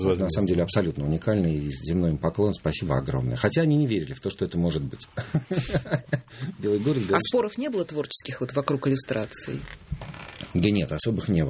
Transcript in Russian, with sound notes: На самом деле абсолютно уникальные и земной им поклон, спасибо огромное. Хотя они не верили в то, что это может быть.
(смех) А споров не было творческих вот вокруг иллюстраций?
Да нет, особых не было.